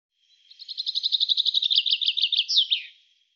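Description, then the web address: Bird gives a bright rattling trill of many short high notes, finishing with two descending slurred notes; nothing else heard. "cianscape birddata Deverinetal 2025 Bird Fr Co"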